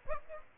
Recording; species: mosquito wingbeat signal from an infrared sensor; Aedes aegypti